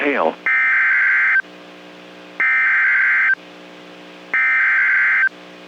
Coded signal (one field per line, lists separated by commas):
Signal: Emergency Alert System (SAME) tones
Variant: header bursts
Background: speech